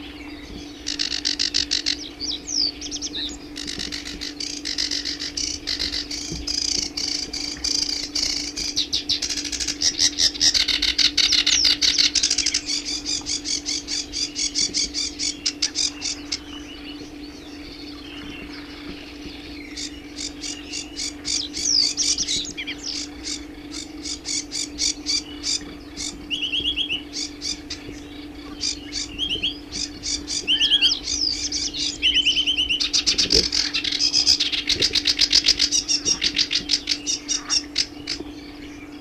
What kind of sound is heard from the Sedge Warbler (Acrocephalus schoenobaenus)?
song